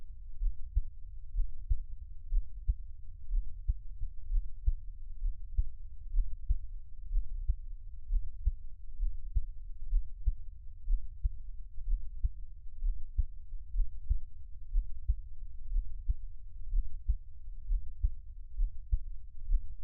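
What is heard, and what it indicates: Soft, low thumps repeat at a steady pace of about 62 a minute over a muffled low rumble, with no talking. The host's own adult heartbeat at a resting rate, heard close to the body as a no-talking Taiwanese ASMR piece.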